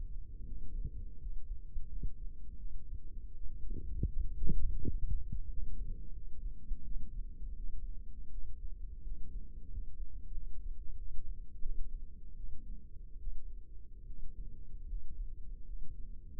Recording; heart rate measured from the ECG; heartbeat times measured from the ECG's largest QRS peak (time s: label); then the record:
heart sounds by microphone in the left ear; 83 bpm
0.44 s: heartbeat
1.17 s: heartbeat
1.87 s: heartbeat
2.56 s: heartbeat
3.33 s: heartbeat
4.08 s: heartbeat
4.81 s: heartbeat
5.48 s: heartbeat
6.12 s: heartbeat
6.83 s: heartbeat
7.55 s: heartbeat
8.29 s: heartbeat
9.02 s: heartbeat
9.68 s: heartbeat
10.32 s: heartbeat
10.96 s: heartbeat
11.60 s: heartbeat
12.35 s: heartbeat
13.18 s: heartbeat
14.05 s: heartbeat
14.86 s: heartbeat
15.64 s: heartbeat
From the record:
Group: healthy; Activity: rest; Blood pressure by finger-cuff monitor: 118/65 mmHg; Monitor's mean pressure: 79 mmHg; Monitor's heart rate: 81 bpm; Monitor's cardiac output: 7.2 L/min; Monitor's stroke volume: 90 mL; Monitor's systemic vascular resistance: 760 dyn s/cm5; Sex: female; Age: 22 years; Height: 160 cm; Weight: 63 kg